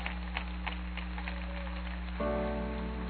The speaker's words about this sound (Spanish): Denle el aplauso al Rey de Reyes y Señor de Señores.